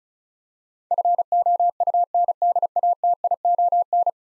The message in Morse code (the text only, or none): FOUNDATION